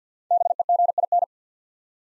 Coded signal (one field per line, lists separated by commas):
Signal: Morse code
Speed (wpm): 54 wpm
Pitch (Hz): 700 Hz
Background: none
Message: BEGIN